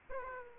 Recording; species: mosquito wingbeat signal from an infrared sensor; Aedes aegypti